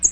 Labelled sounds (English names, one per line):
American Redstart flight call